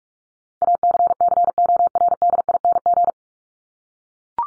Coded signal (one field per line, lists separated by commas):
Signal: Morse code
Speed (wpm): 44 wpm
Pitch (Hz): 700 Hz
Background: none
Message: ACCORDING